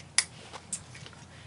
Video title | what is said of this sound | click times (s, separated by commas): Bugaboo Donkey vs Baby Jogger City Select REVIEW 2015 - ratings - comparisons - prices | has that nice click sound too so you know that that's in there that piece of Mind | 0.2 s